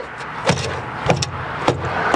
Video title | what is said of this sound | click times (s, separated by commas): I Tried To Fix My Crown Vic's Intake Manifold with JB Weld and Super Glue (It Didn't work) | there. That should be tripped. Now you heard the click, click, click. | 0.5 s, 1.1 s, 1.2 s, 1.7 s